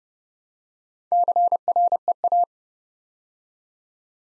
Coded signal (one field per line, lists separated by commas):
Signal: Morse code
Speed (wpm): 30 wpm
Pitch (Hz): 700 Hz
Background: none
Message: CREA